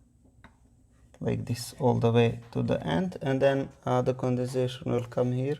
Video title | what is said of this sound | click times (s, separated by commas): How to Use Pressure Cooker - Nutricook Beginner Instructions | and you put it until it clicks | 0.4 s